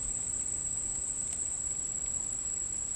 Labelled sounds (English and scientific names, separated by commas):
none